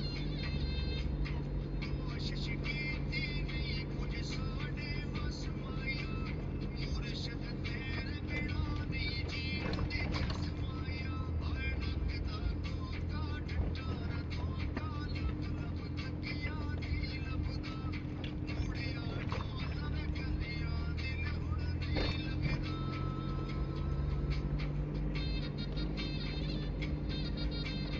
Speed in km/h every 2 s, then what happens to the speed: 20, 20, 20, 17, 18, 18, 18, 15, 15, 17, 21, 22, 22, 22.
0-16 steady at about 18. 16-22 speeds up to 22. 22-28 steady at about 22.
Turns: none.